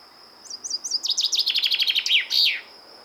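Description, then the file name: Common chaffinch song: a few thin introductory notes, then a quick rattling series falling in pitch and closing with an emphatic terminal flourish; a faint steady high tone underneath. "Fringilla coelebs"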